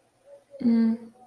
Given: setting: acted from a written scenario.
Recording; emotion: vocal sound without words; neutral